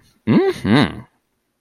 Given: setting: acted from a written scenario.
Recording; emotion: vocal sound without words; romantic love